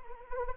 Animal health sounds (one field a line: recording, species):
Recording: mosquito wingbeat signal from an infrared sensor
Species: Anopheles arabiensis